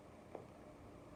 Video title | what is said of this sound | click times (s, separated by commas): Back Bend Bonnie Instructional Setup Video - Spirit Halloween 2025 | Yeah. Make sure the wires click into place. | 0.4 s